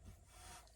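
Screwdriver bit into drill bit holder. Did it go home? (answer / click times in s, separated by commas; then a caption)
no / none. A screwdriver bit is pushed hard into the bit holder of a Milwaukee drill, making a faint rubbing, scraping sound with a small tap near 0.7 s. The bit does not click into the holder; nothing has seated or clicked yet, and the bit falls out.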